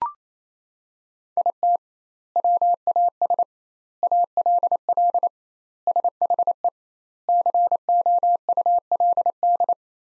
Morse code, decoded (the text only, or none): IT WAS ALL SHE COULD